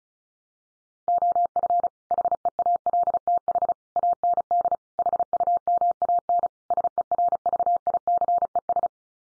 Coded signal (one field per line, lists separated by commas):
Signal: Morse code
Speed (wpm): 34 wpm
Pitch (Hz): 700 Hz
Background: none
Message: OF HEALTH AND HUMAN SERVICES